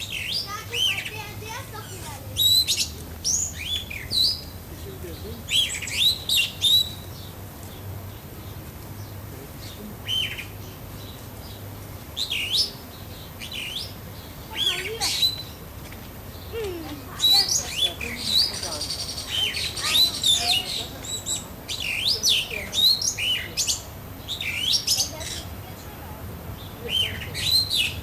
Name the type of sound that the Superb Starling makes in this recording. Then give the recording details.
song. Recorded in captivity. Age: adult. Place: Zoo Berlin, Berlin, DE. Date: 2005-08-10 16:43. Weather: overcast, 16°C. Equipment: Sony WM-D6C, Sennheiser ME 80, Kopie Uher 4000 Report Monitor. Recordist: Tembrock, Günter